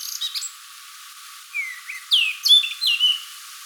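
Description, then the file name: Eurasian blackcap, a few faint chips, a pause, then a short phrase of clear slurred whistles in quick succession. "Sylvia atricapilla"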